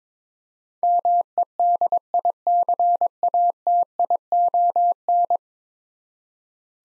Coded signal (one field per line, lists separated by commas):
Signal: Morse code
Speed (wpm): 22 wpm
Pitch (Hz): 700 Hz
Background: none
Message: MEDICATION